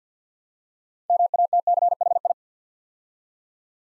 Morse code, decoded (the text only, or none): MATCHI